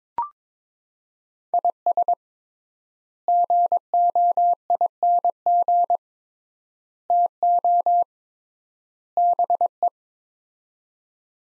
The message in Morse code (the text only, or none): IS GOING TO BE